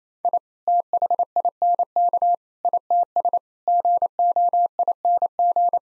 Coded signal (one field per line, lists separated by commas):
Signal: Morse code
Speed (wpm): 28 wpm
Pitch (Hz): 700 Hz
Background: none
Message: I THINK ITS GOING